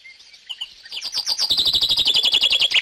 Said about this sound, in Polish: Słyszy, jak śpiewają ptaki.